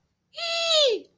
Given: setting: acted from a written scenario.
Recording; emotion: vocal sound without words; elation